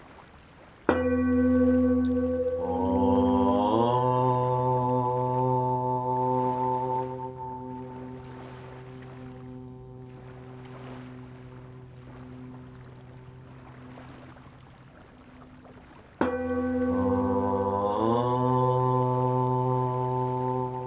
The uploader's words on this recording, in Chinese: 海屿音浪 颂钵舒眠。在海边。背景里的海浪声和颂钵皆为现场收音。